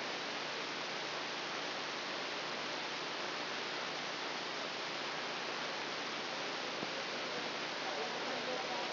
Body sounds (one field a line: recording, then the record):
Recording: brain microelectrode recording played as sound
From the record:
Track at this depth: inside the subthalamic nucleus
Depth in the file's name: 2.709 mm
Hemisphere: left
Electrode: 2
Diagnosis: Parkinson's disease